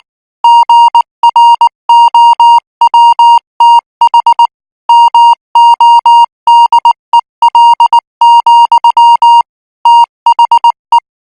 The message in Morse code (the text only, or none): GROWTH MODEL, THE